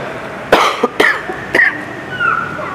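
coughing

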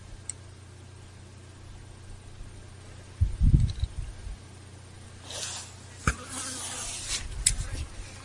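fly buzzing

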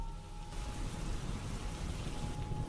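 heavy rain pouring down

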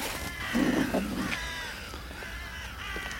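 ravens cawing

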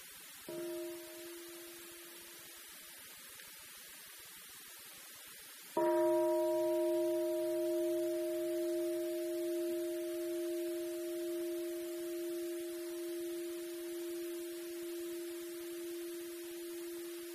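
meditation bell ringing

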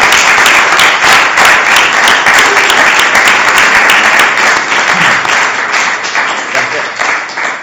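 audience applause

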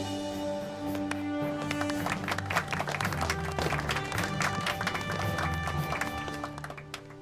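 applause

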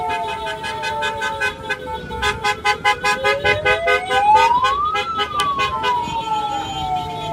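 car horns honking

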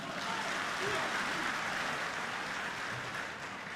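audience applause

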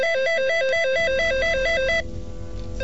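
telephone ringing

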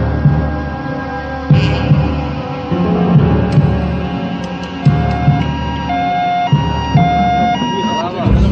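ambulance siren arriving

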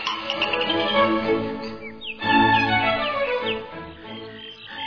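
small birds chirping

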